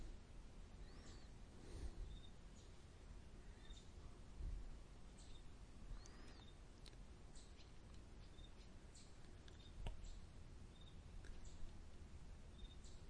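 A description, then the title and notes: A quiet early morning outdoors, with a steady low rumble of traffic underneath. Thin, high chirps and squeaks from small birds come and go, with brief curling calls near two and six seconds, and scattered soft clicks throughout. A foggy Sunday Morning, listening to the world around us wake up.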